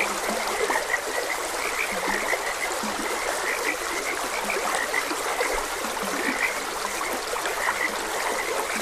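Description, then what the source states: Chorus of frogs giving rapid mid-pitched croaks, some low grunting croaks scattered through, all set against a continuous trickling stream. Frogs croaking beside a gentle stream.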